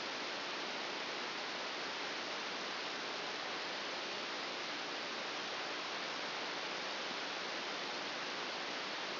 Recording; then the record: brain microelectrode recording played as sound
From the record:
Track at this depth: inside the subthalamic nucleus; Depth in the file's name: 1.405 mm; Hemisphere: right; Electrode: 2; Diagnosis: Parkinson's disease